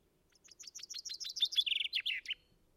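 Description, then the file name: Common chaffinch singing one rapid phrase of chipping notes that descend and accelerate into a rattling trill, finishing with a short emphatic flourish. "Fringilla coelebs"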